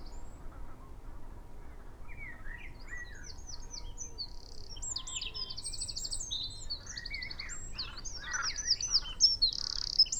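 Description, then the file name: Eurasian wren song, thin high notes and short trills growing stronger toward the end, with other lower chirps and a steady background hiss. "Troglodytes troglodytes"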